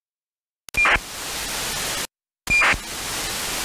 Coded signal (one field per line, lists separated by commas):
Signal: ACARS aircraft data